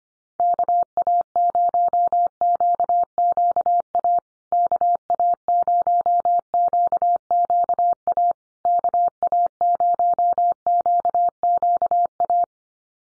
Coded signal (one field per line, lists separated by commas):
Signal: Morse code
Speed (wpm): 25 wpm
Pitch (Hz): 700 Hz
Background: none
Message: KA0QQA KA0QQA KA0QQA